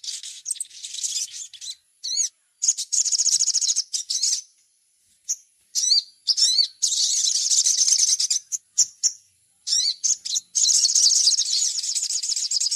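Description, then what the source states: Little spiderhunter alternating sharp repeated chips with long, rapid, high-pitched trills; the final two seconds hold one steady trill. Masteran (training recording).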